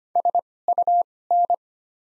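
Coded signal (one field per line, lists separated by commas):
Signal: Morse code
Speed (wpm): 25 wpm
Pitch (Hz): 700 Hz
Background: none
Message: SUN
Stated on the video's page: Morse practice of the top 300 words at 25 wpm with Farnsworth timing using doubled character spacing.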